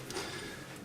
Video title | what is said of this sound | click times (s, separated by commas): Yamaha Kodiak 400 Service - Differential Fluids | Hear that? There's the clicky. | 0.1 s